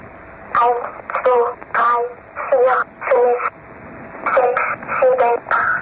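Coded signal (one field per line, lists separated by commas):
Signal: numbers station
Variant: Swedish Rhapsody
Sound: a high, childlike voice reads about ten short words at an even pace over a radio channel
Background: radio static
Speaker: Et on va écouter à présent un extrait de la Number Station nommé Swedish Rhapsody, dont la voix d'enfant est particulièrement dérangeante. Ça dure 47 secondes.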